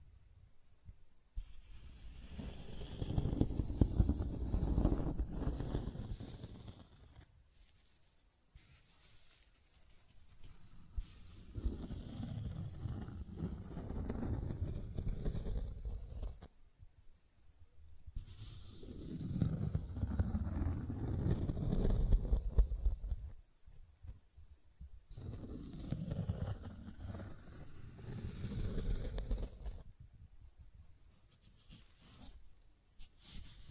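Scratching and tracing sounds come in long rubbing strokes, each lasting several seconds, with short quiet gaps between them around 7, 16, 24 and 29 seconds. The strokes are rough and mostly low and dull, swelling and fading, with a faint hissy edge on top.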